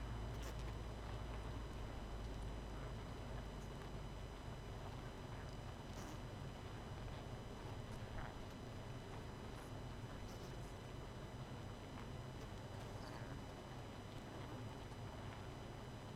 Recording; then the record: honeybee colony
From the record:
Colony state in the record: missing queen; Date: 31 May 2018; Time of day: 23:40